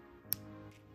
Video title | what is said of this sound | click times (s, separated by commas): Cubic Zirconia Tennis Bracelets - DIY Jewelry Tutorial - Round, Square, Baguette, Marquis | it's super important when you're closing your jump ring up you want to hear a little click | 0.3 s